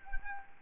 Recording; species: mosquito wingbeat signal from an infrared sensor; Culex quinquefasciatus